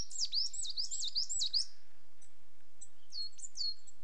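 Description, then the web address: Coal tit display calls: rapid high, looping see-sawing notes in a fast series lasting over a second, then a pause and a shorter burst of similar notes. Two pairs of coal tits displaying. "BBC Sound Effects Library BBC - Birds Coal Tits, Two Pairs Displaying"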